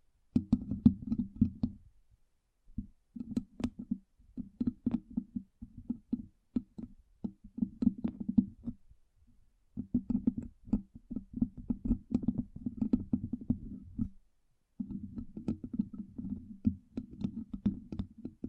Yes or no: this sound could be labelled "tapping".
yes